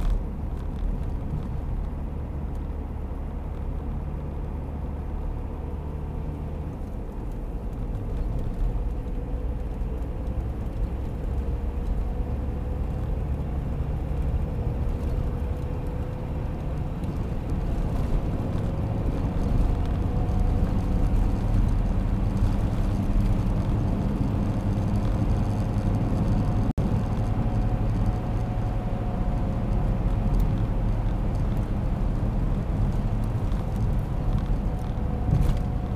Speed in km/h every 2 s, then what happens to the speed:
55, 56, 56, 59, 63, 69, 74, 79, 85, 92, 96, 100, 102, 105, 105, 102, 98, 94.
0-25 speeds up to 105. 28-36 slows to 94.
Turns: none.